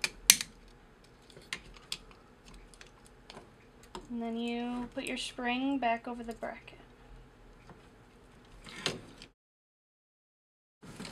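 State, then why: Seated. A plastic belt wheel bracket is placed over the wheel and new belt of a Maka NB Series bill validator and pushed down into the frame, snapping into place with a sharp click at 0.3 s. Scattered light taps follow while someone talks, then a brief clatter near 8.9 s before the sound drops out. The bracket is seated.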